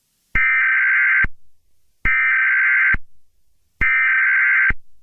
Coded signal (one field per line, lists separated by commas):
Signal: Emergency Alert System (SAME) tones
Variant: header bursts